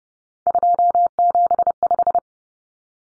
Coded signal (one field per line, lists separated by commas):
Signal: Morse code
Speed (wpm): 30 wpm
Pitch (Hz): 700 Hz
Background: none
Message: 275